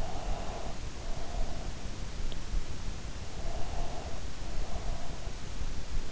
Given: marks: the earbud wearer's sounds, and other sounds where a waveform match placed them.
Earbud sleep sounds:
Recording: sounds in sleep by an in-ear microphone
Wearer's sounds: breath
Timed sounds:
0.17-1.88 s: breath
3.45-5.54 s: breath

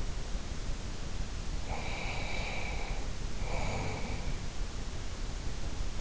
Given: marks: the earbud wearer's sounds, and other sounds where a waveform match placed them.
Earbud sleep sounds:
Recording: sounds in sleep by an in-ear microphone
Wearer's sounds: breath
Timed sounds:
1.64-4.60 s: breath

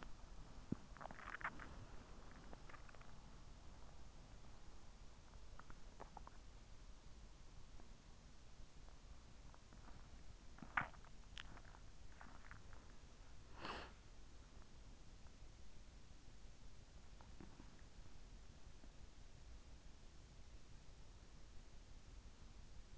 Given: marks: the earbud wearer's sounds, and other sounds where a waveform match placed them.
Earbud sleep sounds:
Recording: sounds in sleep by an in-ear microphone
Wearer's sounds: body movement, breath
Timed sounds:
0.00-13.04 s: body movement
13.04-14.33 s: breath

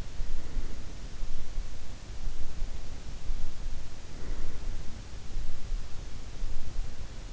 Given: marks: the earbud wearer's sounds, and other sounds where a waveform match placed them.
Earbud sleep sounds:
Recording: sounds in sleep by an in-ear microphone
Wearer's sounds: breath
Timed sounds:
0.00-1.32 s: breath
3.83-5.16 s: breath

